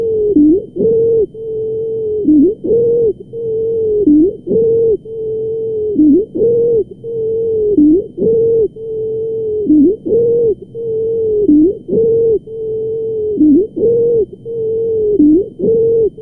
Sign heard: Stridor.